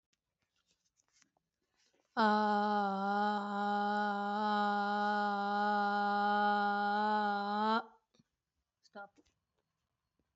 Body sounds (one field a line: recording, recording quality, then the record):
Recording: sustained vowel as in made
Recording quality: excellent, no background noise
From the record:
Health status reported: recovered from COVID-19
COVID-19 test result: positive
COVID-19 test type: RT-PCR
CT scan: not taken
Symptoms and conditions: cough, cold, sore throat, muscle pain, diabetes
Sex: female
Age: 42 years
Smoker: no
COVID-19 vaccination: both doses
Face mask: worn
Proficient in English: yes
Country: India